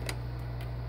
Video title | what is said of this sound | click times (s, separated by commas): Edison Ediphone Voicewriter Wax Cylinder Dictation Machine | press it in and it locks in place | 0.1 s